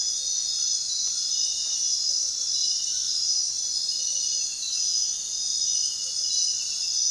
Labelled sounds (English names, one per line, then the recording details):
none
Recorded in dense forest near Puerto Asís, Putumayo, Colombia, on 19 February 2024 at 02:00
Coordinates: 0.466, -76.327
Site G6413